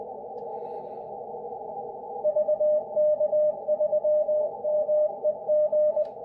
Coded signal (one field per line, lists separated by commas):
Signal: Morse code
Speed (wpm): 20 wpm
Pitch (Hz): 610 Hz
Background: radio noise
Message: VK3MEG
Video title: How to work spit operation in cw with the ic-705 working VK5KI dxpedition using the memory keyer .